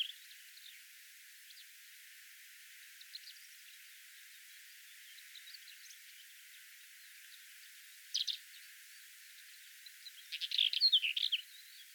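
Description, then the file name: Black-eared wheatear: faint scattered scratchy notes, then louder bursts of dry, chattering notes near the end. "deli hantmadar hangja"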